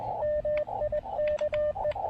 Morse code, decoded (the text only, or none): MIKE